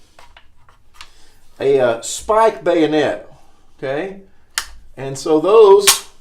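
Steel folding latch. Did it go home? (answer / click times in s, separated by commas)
no / none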